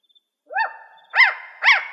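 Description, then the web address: Spotted owl barks: three loud, harsh, arching notes with strong overtones, spaced about half a second apart. Recorded in Arizona. "Owls AZFO SPOW. deviche"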